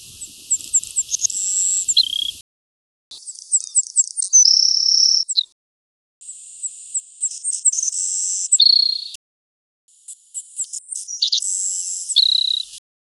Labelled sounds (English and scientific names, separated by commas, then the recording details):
Savannah Sparrow (Passerculus sandwichensis) song
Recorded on Kent Island, New Brunswick, in 1994